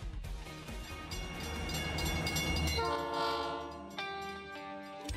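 train passing with horn

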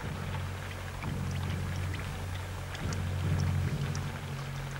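rain starting to fall

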